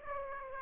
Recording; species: mosquito wingbeat signal from an infrared sensor; Aedes aegypti